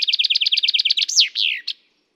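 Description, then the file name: Common chaffinch song: a fast series of many repeated chipping notes, then louder sweeping notes ending in a descending flourish and a final sharp note. "Fringilla coelebs"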